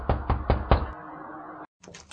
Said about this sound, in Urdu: ابھی رات کی چند گھڑیاں گزری ہوں گی کہ کسی نے دروازے پر دستک دی.